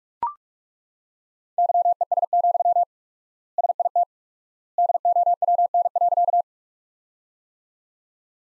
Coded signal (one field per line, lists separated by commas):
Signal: Morse code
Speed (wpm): 42 wpm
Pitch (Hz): 700 Hz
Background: none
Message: YES, SIT DOWN.